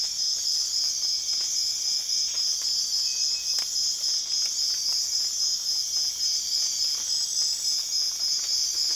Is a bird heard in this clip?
no